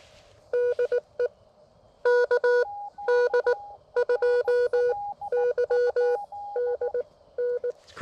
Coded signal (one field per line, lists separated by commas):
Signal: Morse code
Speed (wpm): 18 wpm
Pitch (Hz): 490 Hz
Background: none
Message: DE KD2YDN